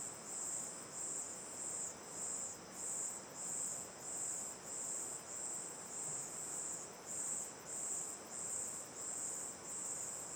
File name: Ambiencia olhando para boca da caverna terra ronca 1 a noite, coro de cigarras e grilos, rio a esquerda, gravacao em ab